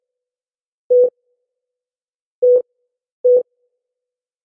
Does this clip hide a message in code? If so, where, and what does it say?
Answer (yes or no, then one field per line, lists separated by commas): no